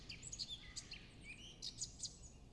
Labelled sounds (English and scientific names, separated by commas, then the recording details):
Eurasian Blackcap (Sylvia atricapilla)
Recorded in Germany
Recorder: ecoPi